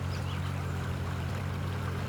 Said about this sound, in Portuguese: Olha o riacho aí do Cid de Poção, ó. Ó, que barulho bom, gente. Ó, que barulho gostoso de se ouvir, ó. Escuta aí, ó.